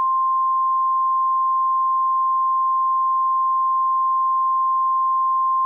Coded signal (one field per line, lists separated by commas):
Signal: Emergency Alert System (SAME) tones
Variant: 1050 Hz attention tone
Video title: Elmo Error II (+ The Frustrated Kitty, MistfulSkye) (EAS Scenario)